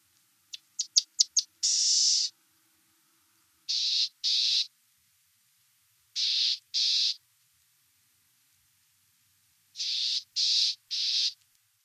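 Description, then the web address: Black-tailed gnatcatcher calls: harsh, hissy buzzes given singly, in pairs and threes every few seconds, opening with a quick burst of short ticking notes. Recorded in North America. "Songs of Birds of North America Stokes. Black-tailed Gnatcatcher"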